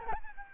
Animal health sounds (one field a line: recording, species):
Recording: mosquito wingbeat signal from an infrared sensor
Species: Aedes albopictus